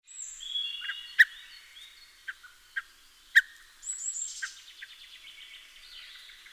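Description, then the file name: Common blackbird giving sharp, clicking chink calls, a few loud ones spaced irregularly, over a background of thin whistles and twittering from other birds. "Turdus merula"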